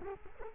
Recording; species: mosquito wingbeat signal from an infrared sensor; Culex quinquefasciatus